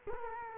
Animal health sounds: mosquito wingbeat signal from an infrared sensor; Culex quinquefasciatus

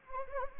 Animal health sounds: mosquito wingbeat signal from an infrared sensor; Anopheles arabiensis

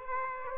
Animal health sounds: mosquito wingbeat signal from an infrared sensor; Aedes aegypti

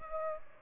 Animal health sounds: mosquito wingbeat signal from an infrared sensor; Aedes albopictus

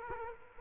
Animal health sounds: mosquito wingbeat signal from an infrared sensor; Culex quinquefasciatus

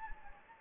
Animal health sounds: mosquito wingbeat signal from an infrared sensor; Anopheles gambiae

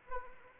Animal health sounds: mosquito wingbeat signal from an infrared sensor; Anopheles arabiensis

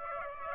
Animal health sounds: mosquito wingbeat signal from an infrared sensor; Aedes aegypti

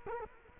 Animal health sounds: mosquito wingbeat signal from an infrared sensor; Culex quinquefasciatus

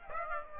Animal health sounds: mosquito wingbeat signal from an infrared sensor; Aedes aegypti

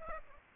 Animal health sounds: mosquito wingbeat signal from an infrared sensor; Aedes aegypti

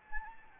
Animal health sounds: mosquito wingbeat signal from an infrared sensor; Anopheles gambiae

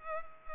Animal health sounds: mosquito wingbeat signal from an infrared sensor; Culex pipiens

